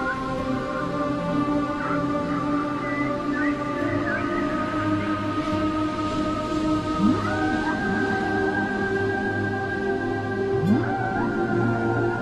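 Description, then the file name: Whales singing in long sustained tonal moans, with a few short sliding sweeps cutting through a dense chorus of overlapping hums. "Chant des baleines - whales singing"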